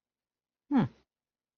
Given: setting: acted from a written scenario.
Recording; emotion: vocal sound without words; neutral